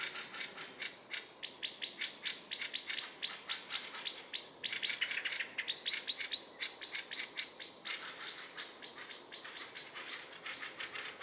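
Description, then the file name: Eurasian blackbird calling: fast rattling chinks in long runs, a brief louder cluster midway, with short breaks between series. "Turdus merula"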